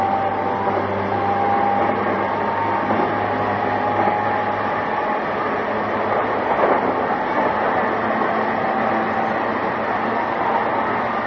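Onboard a JR E233 series train running toward Odawara, with a steady, dense rumble of wheels and track throughout. A thin motor whine rises and fades, and a low hum drops away after about five seconds. A brief louder clatter comes near the seven-second mark.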